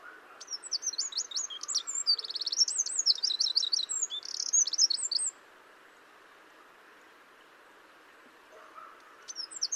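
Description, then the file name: Eurasian wren song: a loud, high, rapid outpouring of trills and sharp notes lasting about five seconds, then a pause, with a new burst beginning at the end. "Troglodytes troglodytes"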